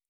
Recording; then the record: hydrophone in a shrimp aquaculture tank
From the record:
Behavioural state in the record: normal